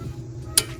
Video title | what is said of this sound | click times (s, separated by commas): Porsche Boxster 986 Front Brake Tips & Tricks - Save Time & Avoid Costly Mistakes | like that. You'll hear that click again as well. | 0.6 s